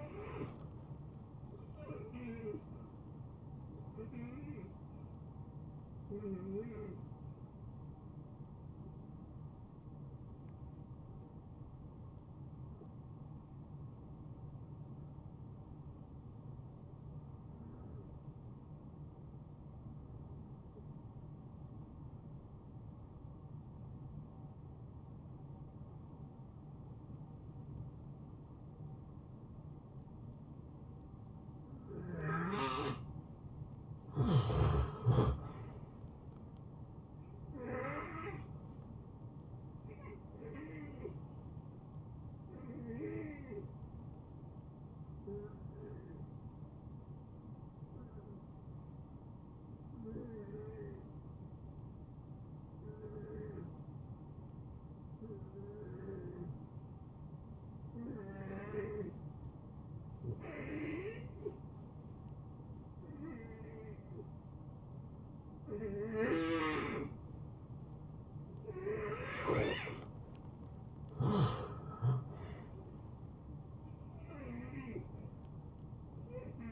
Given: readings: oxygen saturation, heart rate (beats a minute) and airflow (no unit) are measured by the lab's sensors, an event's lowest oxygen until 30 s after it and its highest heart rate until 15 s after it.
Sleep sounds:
breathing in sleep by a smartphone at the bedside; 2
7.00-34.40 s: hypopnea (N1, oxygen 93% highest, then 80% lowest, heart rate 78 at the start, 78 highest)
18.00-48.00 s: new sleep stage, N2 (light sleep)
44.00-69.50 s: hypopnea (N2, oxygen 87% highest, then 80% lowest, heart rate 75 at the start, 81 highest)
48.00-76.72 s: new sleep stage, N1 (lightest sleep)
From the record:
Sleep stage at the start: N1 (lightest sleep); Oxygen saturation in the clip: 76 to 93%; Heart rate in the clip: 70 to 80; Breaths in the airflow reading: 15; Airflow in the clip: -20.2 to 8.1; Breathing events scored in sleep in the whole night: 263 in 5.5 hours asleep

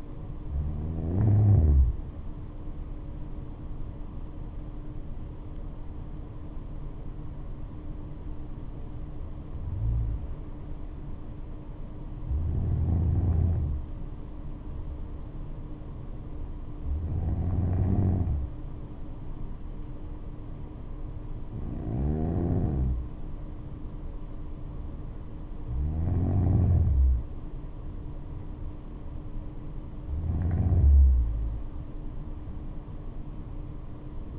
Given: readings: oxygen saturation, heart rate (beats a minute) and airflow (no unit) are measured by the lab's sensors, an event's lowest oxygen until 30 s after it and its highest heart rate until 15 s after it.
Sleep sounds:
breathing in sleep by a smartphone at the bedside; none
none scored
From the record:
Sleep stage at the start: N2 (light sleep); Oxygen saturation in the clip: 92 to 96%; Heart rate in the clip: 59 to 76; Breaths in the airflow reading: 8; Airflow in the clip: -7.5 to 8.3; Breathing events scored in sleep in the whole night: 228 in 5.4 hours asleep

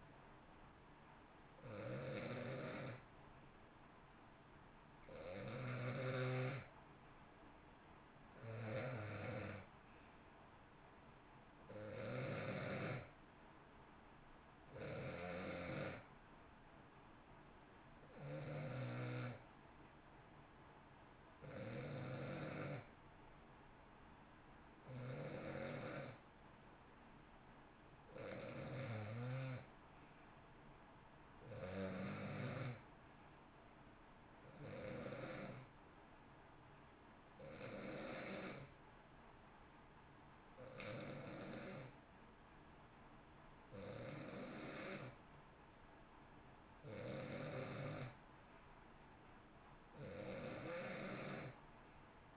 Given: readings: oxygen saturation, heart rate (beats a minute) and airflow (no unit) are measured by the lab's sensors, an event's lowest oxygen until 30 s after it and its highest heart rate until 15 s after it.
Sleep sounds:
breathing in sleep by a voice recorder at the bedside; none
none scored
From the record:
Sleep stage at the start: N2 (light sleep); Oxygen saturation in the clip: 88 to 91%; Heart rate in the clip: 58 to 65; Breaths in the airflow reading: 16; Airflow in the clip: -9.4 to 7.6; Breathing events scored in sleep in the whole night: 328 in 6.3 hours asleep

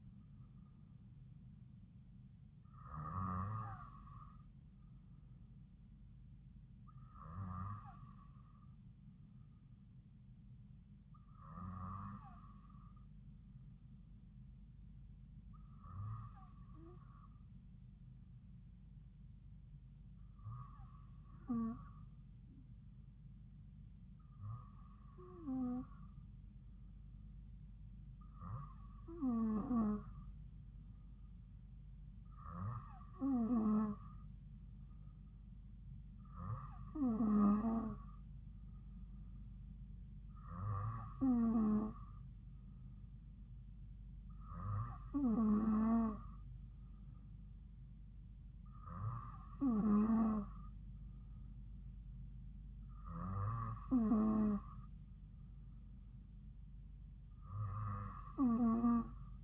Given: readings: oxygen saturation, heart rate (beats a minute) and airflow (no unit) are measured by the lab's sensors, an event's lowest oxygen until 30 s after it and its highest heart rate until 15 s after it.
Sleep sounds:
breathing in sleep by a smartphone at the bedside; none
none scored
From the record:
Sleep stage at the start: N2 (light sleep); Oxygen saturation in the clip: 93 to 95%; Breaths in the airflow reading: 13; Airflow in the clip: -3.0 to 2.5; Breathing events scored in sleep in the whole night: 270 in 6.1 hours asleep

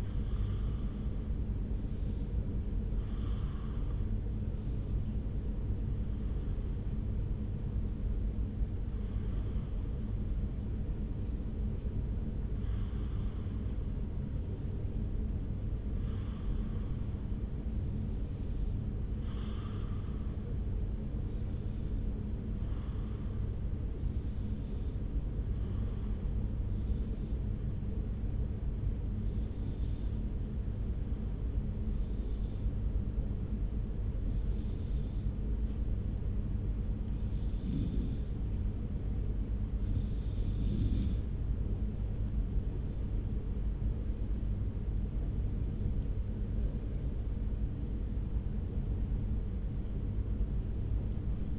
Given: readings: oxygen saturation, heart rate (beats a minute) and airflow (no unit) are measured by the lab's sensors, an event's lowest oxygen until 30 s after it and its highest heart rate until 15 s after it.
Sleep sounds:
breathing in sleep by a smartphone at the bedside; 1
3.00-41.10 s: hypopnea (N2, oxygen 96% highest, then 92% lowest)
From the record:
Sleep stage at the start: N2 (light sleep); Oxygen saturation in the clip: 92 to 96%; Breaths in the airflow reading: 18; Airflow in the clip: -1.6 to 2.4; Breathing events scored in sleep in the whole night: 335 in 6.7 hours asleep

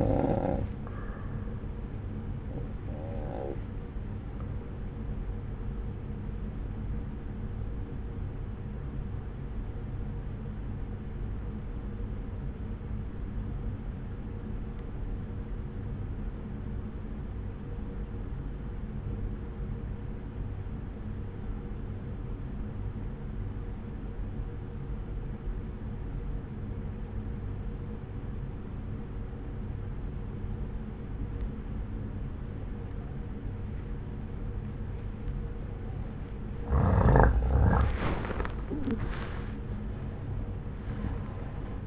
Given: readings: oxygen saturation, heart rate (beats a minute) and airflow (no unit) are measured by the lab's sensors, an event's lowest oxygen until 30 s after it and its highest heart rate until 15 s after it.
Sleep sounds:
breathing in sleep by a smartphone at the bedside; 1
8.00-37.80 s: obstructive apnea (N1, oxygen 95% highest, then 86% lowest)
From the record:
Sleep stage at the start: N1 (lightest sleep); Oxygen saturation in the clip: 85 to 95%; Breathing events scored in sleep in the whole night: 303 in 8.1 hours asleep

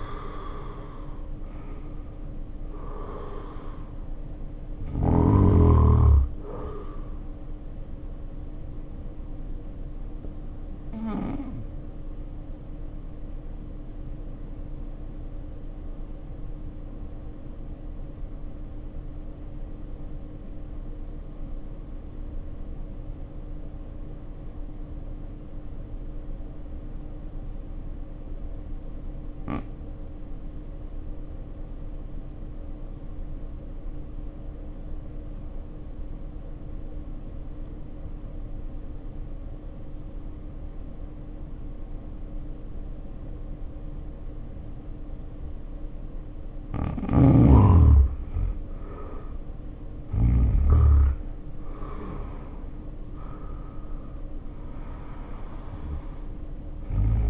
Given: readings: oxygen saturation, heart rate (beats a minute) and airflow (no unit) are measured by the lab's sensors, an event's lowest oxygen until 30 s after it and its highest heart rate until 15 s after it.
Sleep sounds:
breathing in sleep by a smartphone at the bedside; 1
16.00-51.60 s: obstructive apnea (N1, oxygen 90% highest, then 69% lowest, heart rate 53 at the start, 75 highest)
From the record:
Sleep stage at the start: N1 (lightest sleep); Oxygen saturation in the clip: 73 to 90%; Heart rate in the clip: 51 to 75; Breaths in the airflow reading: 5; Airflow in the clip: -2.5 to 2.6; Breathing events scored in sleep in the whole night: 520 in 7.2 hours asleep

